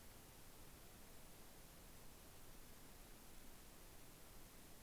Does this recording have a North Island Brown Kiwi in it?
no